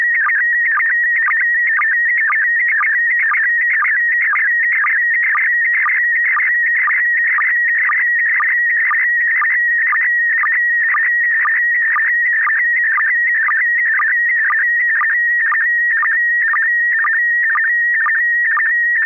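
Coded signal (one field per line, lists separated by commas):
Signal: SSTV (slow-scan television)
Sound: steady warbling whistle near 2 kHz with quick low blips about twice a second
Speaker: uh does anybody else have a picture that they want to send or shall I send a picture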